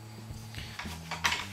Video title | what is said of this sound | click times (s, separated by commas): Manually Threading Steel Pipe (Old School!) | and we wrap our chain and it's going to lock into place on the opposite side | 1.3 s